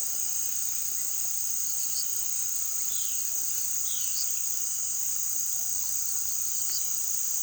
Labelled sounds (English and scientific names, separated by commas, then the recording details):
Violaceous Jay (Cyanocorax violaceus)
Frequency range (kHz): Violaceous Jay (Cyanocorax violaceus) 2.4-4.4 kHz
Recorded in pastures near Puerto Asís, Putumayo, Colombia, on 19 February 2024 at 18:00
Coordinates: 0.468, -76.328
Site G6414